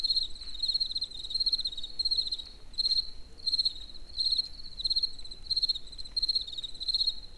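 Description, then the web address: Cricket song of shrill chirps, each a rapid trill of pulses, repeated in a series broken by brief pauses, above faint low background noise. Crickets recorded in nature near the Eger tourist house. "allathangok termeszetben tucsok muzsikusok egerturistahaz"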